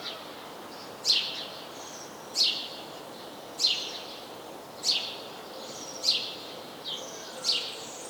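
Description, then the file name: House sparrow chirping steadily, one sharp, downward-sweeping chirp a little less often than once a second, with faint bird notes behind. "Passer domesticus"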